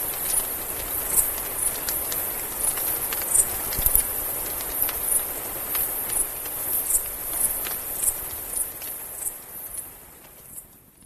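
Mexican free-tailed bat calls, short high chirps repeated about twice a second over a steady hiss, with scattered clicks, fading toward the end.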